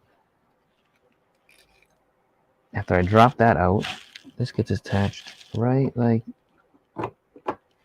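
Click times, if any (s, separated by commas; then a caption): none. Someone talks while a plastic brick subassembly is set against the side of a brick cabin, followed by a few faint taps near the end. Nothing has clicked or locked in yet; the subassembly only sits there and does not attach.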